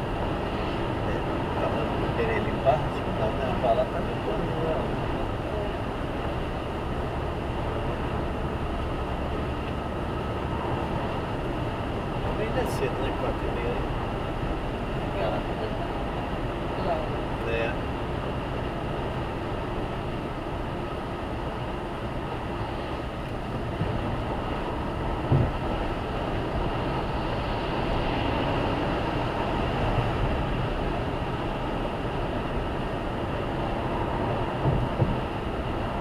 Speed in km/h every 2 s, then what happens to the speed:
117, 113, 111, 113, 115, 116, 119, 119, 117, 113, 112, 114, 118, 120, 123, 122, 121, 122.
0-4 slows to 111. 4-14 speeds up to 119. 14-20 slows to 112. 20-27 speeds up to 123. 27-36 steady at about 122.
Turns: none.